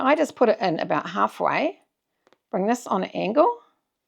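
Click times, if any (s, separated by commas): none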